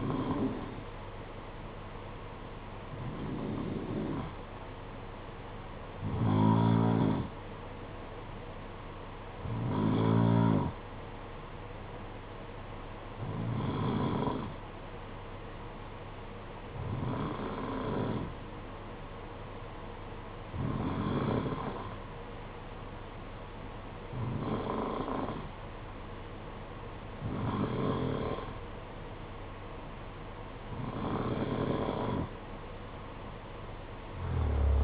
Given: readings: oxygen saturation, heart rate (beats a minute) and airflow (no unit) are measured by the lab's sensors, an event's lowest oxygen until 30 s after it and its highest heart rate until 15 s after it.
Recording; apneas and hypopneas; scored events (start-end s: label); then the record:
breathing in sleep by a voice recorder at the bedside; none
none scored
From the record:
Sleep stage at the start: N2 (light sleep); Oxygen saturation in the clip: 91 to 93%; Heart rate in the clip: 55 to 59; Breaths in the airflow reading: 10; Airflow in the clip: -4.7 to 5.3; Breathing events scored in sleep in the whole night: 476 in 9.7 hours asleep